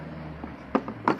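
A CPU cooler's push pin, sitting in a motherboard mounting hole, is pressed down over a low steady hum, with two smaller sharp knocks at 0.8 s and 0.9 s. A crisp click at 1.1 s marks the push pin seated in the motherboard.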